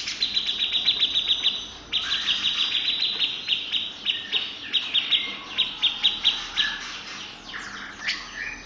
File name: cucak jenggot om firly